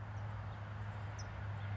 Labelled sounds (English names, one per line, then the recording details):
California Towhee
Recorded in Sonoma County, California